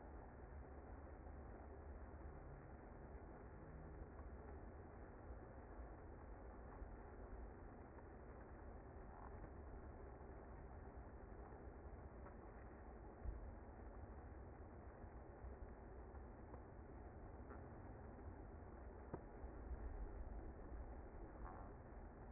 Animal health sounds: honeybee colony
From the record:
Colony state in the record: active

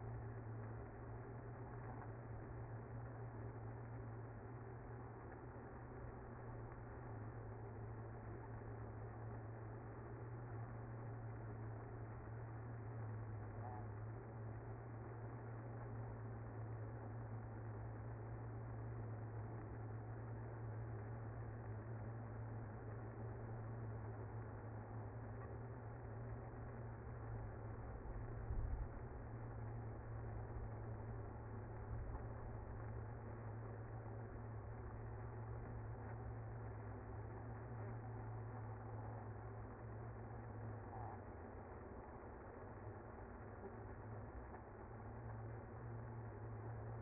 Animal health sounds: honeybee colony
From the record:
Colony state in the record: active

